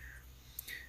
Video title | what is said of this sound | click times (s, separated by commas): Hqst 175 Solar Panel Test & Solar cable extension | And you'll feel that thing click right in. | 0.6 s